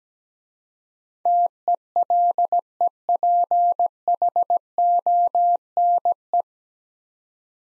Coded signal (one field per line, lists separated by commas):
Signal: Morse code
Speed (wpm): 17 wpm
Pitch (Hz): 700 Hz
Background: none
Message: TELEPHONE